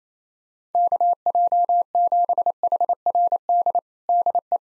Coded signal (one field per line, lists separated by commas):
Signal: Morse code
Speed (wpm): 28 wpm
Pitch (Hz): 700 Hz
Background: none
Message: KJ7HRD DE